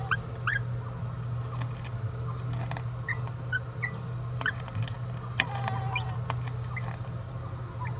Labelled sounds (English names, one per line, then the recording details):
Green-rumped Parrotlet babbling
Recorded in a nest box in Venezuela
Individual 18B17A4